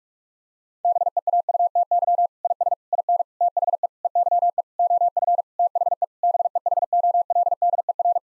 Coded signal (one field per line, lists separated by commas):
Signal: Morse code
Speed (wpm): 41 wpm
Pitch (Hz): 700 Hz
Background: none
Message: BEAUTY IS IN THE EYE OF THE BEHOLDER